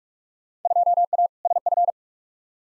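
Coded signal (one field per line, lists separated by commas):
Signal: Morse code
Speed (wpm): 42 wpm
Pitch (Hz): 700 Hz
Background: none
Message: 2A SF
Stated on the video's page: Head-copy drill of Field Day exchanges sent at 45wpm, each exchange sent twice.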